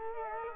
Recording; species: mosquito wingbeat signal from an infrared sensor; Culex quinquefasciatus